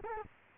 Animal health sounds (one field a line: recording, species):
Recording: mosquito wingbeat signal from an infrared sensor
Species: Culex quinquefasciatus